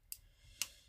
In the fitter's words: c'est j'ai bien verrouillé